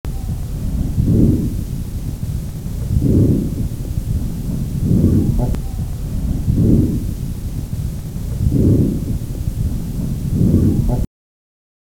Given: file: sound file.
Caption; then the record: sitting patient, mid lung: Coarse crackles are noted both in inspiratory and expiratory phase as well as squawk at inspiratory phase.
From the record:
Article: Keeping PPE barriers in COVID-19 wards while doing proper auscultation